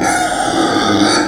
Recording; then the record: squeal of a Yucatan mini pig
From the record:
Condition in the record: before surgery on the right vocal fold (resection and tissue-engineered implant); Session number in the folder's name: 3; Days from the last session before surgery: 0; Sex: female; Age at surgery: 19 weeks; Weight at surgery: 25 kg